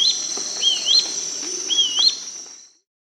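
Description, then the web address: Gray-crowned flycatcher singing three quick rising, slurred whistles that kink upward at the end, backed by a constant shrill insect hum that fades out. Recorded in South America. "Natures Songs S America Gray-crowned Flycatcher"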